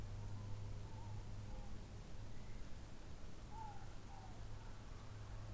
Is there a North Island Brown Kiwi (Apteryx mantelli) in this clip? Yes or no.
no